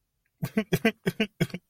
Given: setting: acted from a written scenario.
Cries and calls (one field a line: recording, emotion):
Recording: vocal sound without words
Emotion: sadness